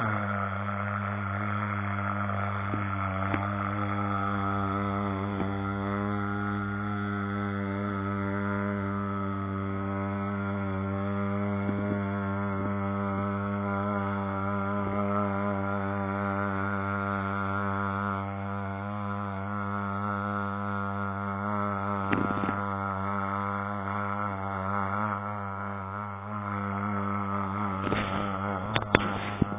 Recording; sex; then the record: sustained vowel /a/; male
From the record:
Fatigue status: no fatigue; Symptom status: asymptomatic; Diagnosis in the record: COVID-19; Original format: 3gp